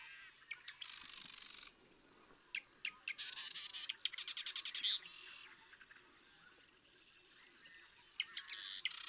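Marsh Wren song: chattering, gurgling run of clicks and rapid trills, repeated after a pause.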